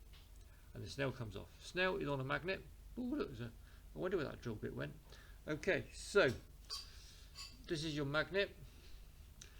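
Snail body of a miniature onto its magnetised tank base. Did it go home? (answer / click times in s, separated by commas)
yes / 9.4 s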